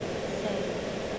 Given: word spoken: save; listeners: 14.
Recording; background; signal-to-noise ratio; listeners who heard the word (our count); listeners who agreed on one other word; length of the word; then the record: one English word in noise, from a listening test; speech-shaped noise; -6.7 dB; 4 of 14; 6 of 14; 0.79 s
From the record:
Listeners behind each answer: 6, 4, 2, 1, 1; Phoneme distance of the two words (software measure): 10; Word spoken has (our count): 1 syllable, 3 phonemes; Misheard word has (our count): 1 syllable, 3 phonemes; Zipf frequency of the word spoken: 5.05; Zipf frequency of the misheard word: 5.65